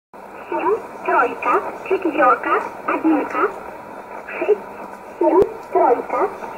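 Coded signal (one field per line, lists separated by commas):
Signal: numbers station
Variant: S11a Cherta, Russian voice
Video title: 25 06 2020 S11a Cherta Numbers station in Russian 0709 on 9339 unknown tx site in USB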